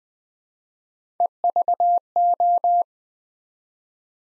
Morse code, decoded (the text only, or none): EVO